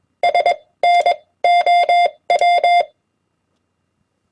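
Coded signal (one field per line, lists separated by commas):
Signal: Morse code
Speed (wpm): 21 wpm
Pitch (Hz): 700 Hz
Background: none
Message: SNOW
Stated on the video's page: Common amateur CW QSO abbreviations and words sent on a key at 20 wpm.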